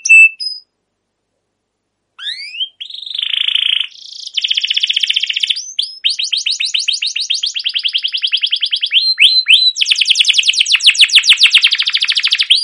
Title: CUIT CUIT NGEROL LANGSUNG GACOR PANJANG Kenari Ini utk Pancingan KENARI PAUD BELAJAR BUNYI